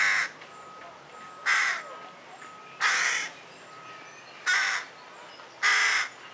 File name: Corvus corone